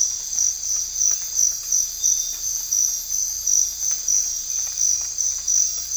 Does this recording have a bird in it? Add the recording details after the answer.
no. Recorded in dense forest near Puerto Asís, Putumayo, Colombia, on 18 December 2024 at 04:00. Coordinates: 0.484, -76.325. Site G056